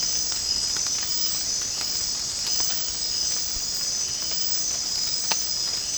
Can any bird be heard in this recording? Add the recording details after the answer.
no. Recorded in secondary vegetation near Puerto Asís, Putumayo, Colombia, on 25 June 2025 at 00:00. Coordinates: 0.484, -76.319. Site G074